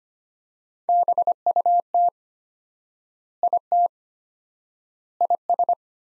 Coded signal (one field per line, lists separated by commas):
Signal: Morse code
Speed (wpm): 25 wpm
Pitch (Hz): 700 Hz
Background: none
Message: BUT IT IS